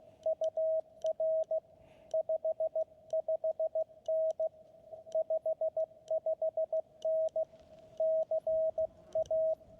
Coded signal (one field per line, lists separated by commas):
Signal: Morse code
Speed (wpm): 16 wpm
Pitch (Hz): 640 Hz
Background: radio noise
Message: UR 55N 55N CA